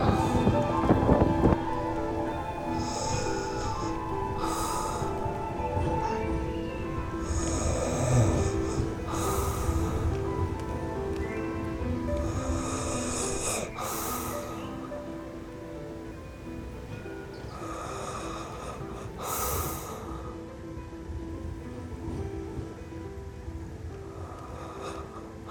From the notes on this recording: the sleeping man, recorded at 4am in London, UK